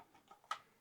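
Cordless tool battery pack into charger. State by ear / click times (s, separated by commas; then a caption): seated / 0.5 s. A 4.0Ah cordless tool battery pack is slid into its charger with the locking tab lifted. Faint sliding contact sounds come at 0.0 and 0.3 seconds, then a sharp, bright click at 0.5 seconds as the pack locks into place and seats.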